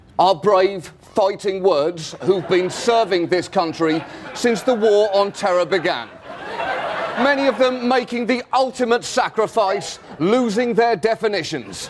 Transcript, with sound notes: Our brave fighting words who've been serving this country since the war on terror began. (Soundbite of laughter) Many of them making the ultimate sacrifice, losing their definitions.